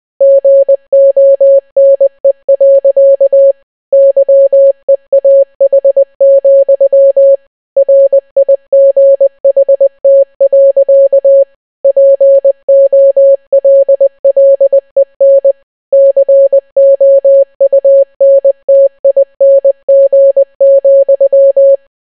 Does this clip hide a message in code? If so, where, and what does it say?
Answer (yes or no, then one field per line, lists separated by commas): yes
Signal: Morse code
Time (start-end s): 0.2-21.8 s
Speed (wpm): 20 wpm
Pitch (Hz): 550 Hz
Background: none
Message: GONE. YEAH, RIGHT. POLLEN COUNTING,